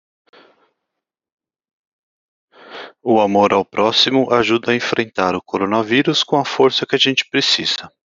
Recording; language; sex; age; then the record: spoken sentence; Brazilian Portuguese; male; 30 to 39 years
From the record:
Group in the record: control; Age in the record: 36 years